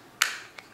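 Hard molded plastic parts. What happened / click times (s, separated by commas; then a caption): The two molded plastic halves snapped together / 0.2 s. The two molded halves of a CRKT Civet take-down neck-knife sheath are pushed back together, with a sharp, bright snap at 0.2 s that rings briefly and is followed by a faint tick at 0.6 s. The halves click into place and stay seated, held by a small bump that fits into a matching groove.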